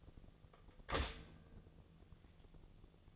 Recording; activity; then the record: daily activity, microphone in the room; stop toaster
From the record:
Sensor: 4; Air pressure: 1001.0 hPa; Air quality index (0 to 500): 151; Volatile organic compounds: 2 ppm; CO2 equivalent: 1109 ppm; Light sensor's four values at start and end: 17/40/17/18 and 17/39/17/18